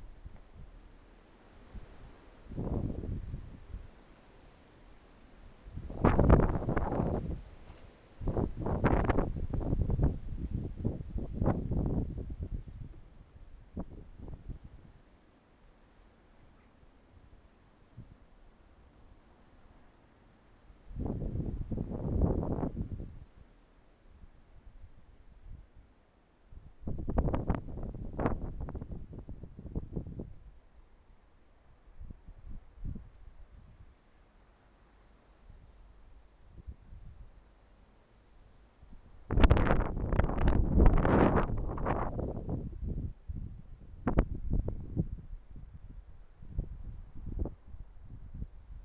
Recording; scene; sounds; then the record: everyday scene through a hearing-aid microphone; wind on the microphone; wind, traffic, birds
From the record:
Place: suburban garden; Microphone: behind the ear, right, front